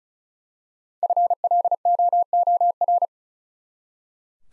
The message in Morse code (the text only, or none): FLOOR